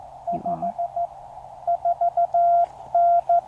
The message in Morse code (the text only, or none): 54N